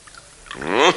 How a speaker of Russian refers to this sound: Наливай по третий.